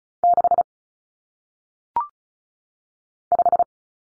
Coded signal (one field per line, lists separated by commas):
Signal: Morse code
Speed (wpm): 36 wpm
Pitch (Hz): 700 Hz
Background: none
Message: 6 5